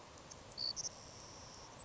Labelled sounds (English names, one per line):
Savannah Sparrow